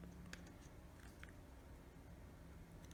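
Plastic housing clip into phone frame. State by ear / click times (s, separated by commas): seated / 0.3 s, 1.2 s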